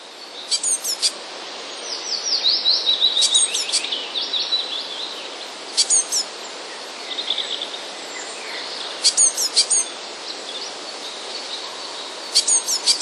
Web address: wroblowe teka spiew. modraszkoteka